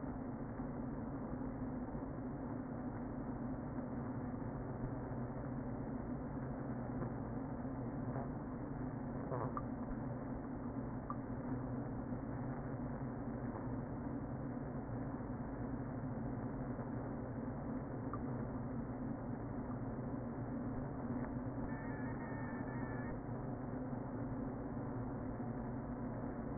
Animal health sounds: honeybee colony, microphone inside the hive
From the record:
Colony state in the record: queen present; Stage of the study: before two queens were removed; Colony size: about 60,000 bees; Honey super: yes

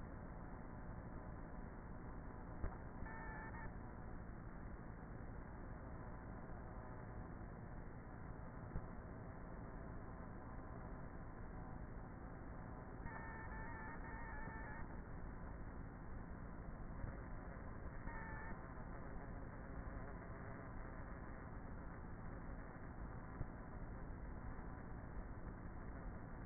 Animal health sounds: honeybee colony, microphone inside the hive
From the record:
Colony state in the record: queenless with a low population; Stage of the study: before two queens were removed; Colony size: about 30,000 bees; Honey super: no

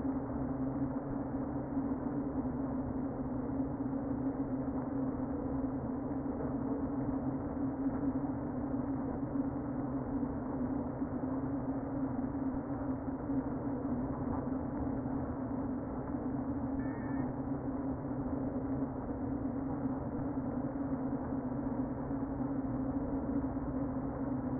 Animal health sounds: honeybee colony, microphone inside the hive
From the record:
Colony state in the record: queen present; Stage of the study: before two queens were removed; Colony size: about 60,000 bees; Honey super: yes

